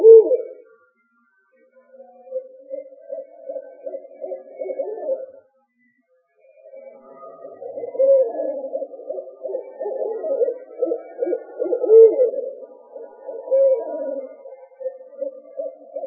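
Owl hooting, low, breathy hoots in a long, wavering series, broken by two short silences.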